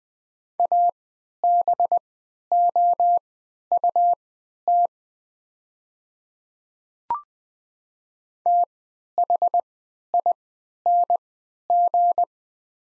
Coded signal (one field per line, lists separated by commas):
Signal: Morse code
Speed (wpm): 20 wpm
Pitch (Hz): 700 Hz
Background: none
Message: ABOUT THING